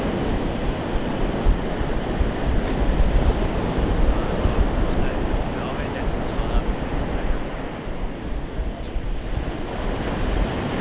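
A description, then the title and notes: The sea in Hualian, Taiwan, rolls in a steady, dense wash of surf with a deep rumble underneath. The roar holds fairly even throughout, swelling slightly around four and ten seconds, while gusts of wind buffet the microphone in low thumps. The sea in Hualian, Taiwan.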